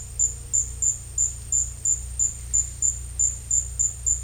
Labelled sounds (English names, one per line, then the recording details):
none
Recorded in dense forest near Puerto Asís, Putumayo, Colombia, on 16 December 2024 at 13:30
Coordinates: 0.467, -76.328
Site GP05